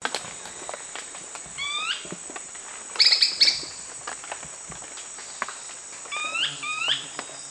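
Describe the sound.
Brownish twistwing calls: short upslurred notes given in pairs, twice, with a few sharp clicks between, over a steady high drone.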